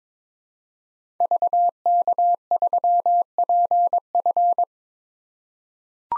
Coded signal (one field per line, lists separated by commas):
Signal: Morse code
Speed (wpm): 22 wpm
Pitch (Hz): 700 Hz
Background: none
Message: VK3PF